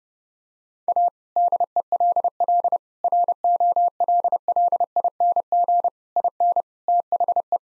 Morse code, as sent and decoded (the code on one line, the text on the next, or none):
.- / -.. . .-.. .-.. / .-. --- .-.. .-.. .. -. --. / .. -. / - .... .
A DELL ROLLING IN THE